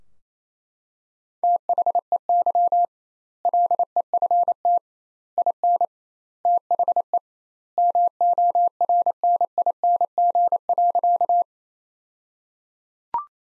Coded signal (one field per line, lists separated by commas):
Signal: Morse code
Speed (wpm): 28 wpm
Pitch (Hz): 700 Hz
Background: none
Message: THEY LEFT IN THE MORNING.